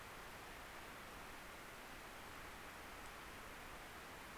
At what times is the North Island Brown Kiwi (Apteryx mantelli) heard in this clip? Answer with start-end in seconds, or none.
none